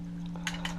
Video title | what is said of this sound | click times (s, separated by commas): Bike Tour Gear: Stove and Cookware | can see folds out like this and snaps into place so | 0.5 s